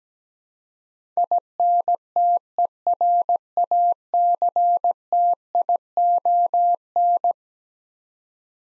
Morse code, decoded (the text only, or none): INTERACTION